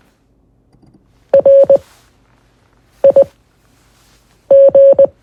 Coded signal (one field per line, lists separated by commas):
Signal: Morse code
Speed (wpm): 20 wpm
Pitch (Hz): 550 Hz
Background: none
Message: RIG